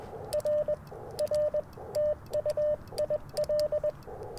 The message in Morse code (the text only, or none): R R TU IL